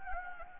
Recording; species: mosquito wingbeat signal from an infrared sensor; Anopheles gambiae